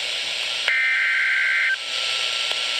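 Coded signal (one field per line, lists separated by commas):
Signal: Emergency Alert System (SAME) tones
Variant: header bursts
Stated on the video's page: Severe thunderstorm warning on a weather radio station.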